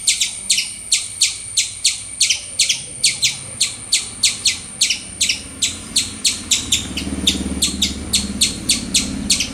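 Squirrel calling with a long run of sharp, high chirps, roughly two to three each second, with a low rumbling noise entering toward the end.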